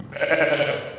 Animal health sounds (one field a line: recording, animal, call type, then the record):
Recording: contact call of a hoofed animal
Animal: sheep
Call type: low-frequency (closed-mouth) or high-frequency (open-mouth) call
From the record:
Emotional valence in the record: negative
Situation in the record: short social isolation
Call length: 0.99 s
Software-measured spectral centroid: 1670 Hz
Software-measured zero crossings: 2070 a second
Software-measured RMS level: -23 dBFS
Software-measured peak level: -6 dBFS